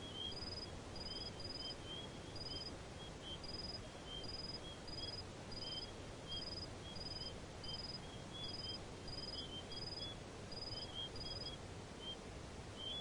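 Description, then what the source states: Crickets giving bursts of high chirps, sometimes in quick pairs, over fainter lower chirps and a constant rushing background noise. Crickets chirping in a desert.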